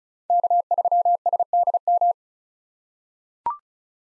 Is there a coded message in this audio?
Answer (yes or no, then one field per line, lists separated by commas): yes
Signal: Morse code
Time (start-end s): 0.3-2.1 s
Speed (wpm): 34 wpm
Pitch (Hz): 700 Hz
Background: none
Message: K3SDM